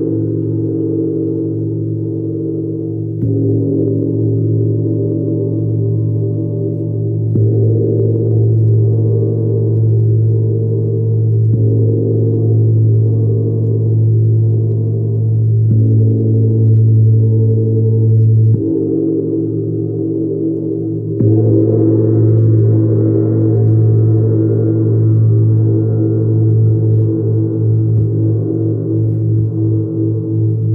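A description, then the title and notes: Gongs and a singing bowl hum in a dense, sustained wash of low tones with shimmering higher overtones. Fresh strikes swell the sound near 3, 7, 18 and 21 seconds, the last adding a brighter ring, while a deep drone holds steady throughout. Connect to the sounds of Venus Gong, Chiron Gong and Sacred Yoni Tibetan Singing Bowl.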